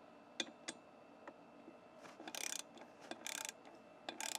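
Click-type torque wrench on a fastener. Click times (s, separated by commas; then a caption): 0.4 s. A click-type torque wrench set to 240 inch-pounds is turned on a fastener, held by the pivot and the handle, until it clicks at 0.4 s; only one click is needed. Afterward come more sharp clicks and bursts of bright, hissy, ratcheting mechanical sound around 2.3–2.6 s, 3.2–3.5 s and 4.1–4.4 s.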